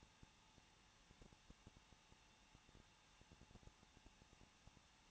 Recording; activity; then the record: daily activity, microphone in the room; no activity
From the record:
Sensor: 1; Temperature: 20.1 degrees Celsius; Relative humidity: 39.1%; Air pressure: 1006.3 hPa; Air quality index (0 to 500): 216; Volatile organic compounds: 74 ppm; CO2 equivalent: 3557 ppm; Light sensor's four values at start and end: 1/2/1/1 and 1/2/1/1